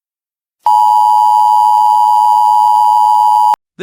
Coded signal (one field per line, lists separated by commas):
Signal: Emergency Alert System (SAME) tones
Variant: 853 and 960 Hz attention tone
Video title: EAS: PIA